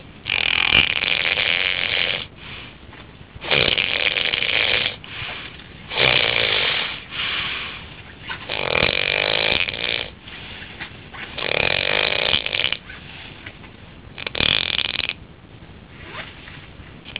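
Snoring from an adult sleeper.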